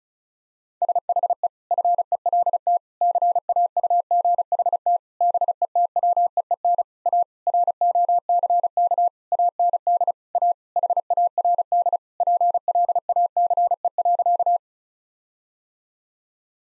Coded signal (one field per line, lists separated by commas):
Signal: Morse code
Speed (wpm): 34 wpm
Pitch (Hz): 700 Hz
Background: none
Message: SHE FELT CAUGHT BETWEEN A ROCK AND A HARD PLACE.